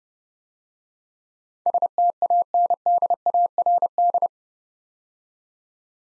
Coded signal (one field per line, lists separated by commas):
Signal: Morse code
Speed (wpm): 28 wpm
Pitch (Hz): 700 Hz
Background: none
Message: STANDARD